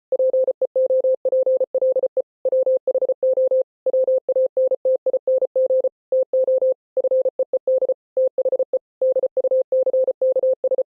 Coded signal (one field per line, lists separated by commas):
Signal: Morse code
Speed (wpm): 33 wpm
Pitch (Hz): 520 Hz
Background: none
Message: PEOPLE WHO WANTING TO FEED THE DUCKS